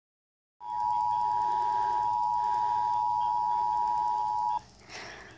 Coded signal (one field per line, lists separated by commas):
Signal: Emergency Alert System (SAME) tones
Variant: 853 and 960 Hz attention tone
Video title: Emergency alert system beep sound